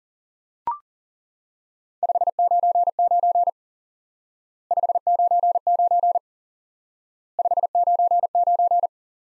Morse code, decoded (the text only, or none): 599 599 599